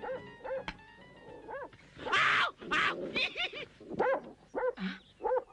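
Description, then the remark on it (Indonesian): A dog named Brando barks over and over in sharp, irregular bursts, some loud and rough, others higher and yelping, with short gaps between them. “Lihat Brando, kenapa itu? Gonggong terus.”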